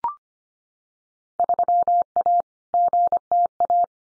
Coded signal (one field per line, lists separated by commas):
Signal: Morse code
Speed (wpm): 25 wpm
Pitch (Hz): 700 Hz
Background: none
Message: 3A GTA